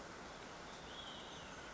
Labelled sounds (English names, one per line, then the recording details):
Olive-sided Flycatcher
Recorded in Sonoma County, California